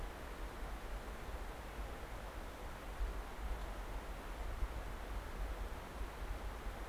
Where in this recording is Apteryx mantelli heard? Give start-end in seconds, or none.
none